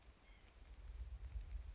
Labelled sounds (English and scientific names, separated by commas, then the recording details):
White-breasted Nuthatch (Sitta carolinensis)
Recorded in Sonoma County, California